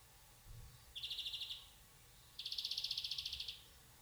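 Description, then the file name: European greenfinch making two rapid dry trills, the second longer, over a noticeable low background rumble. "Chloris chloris"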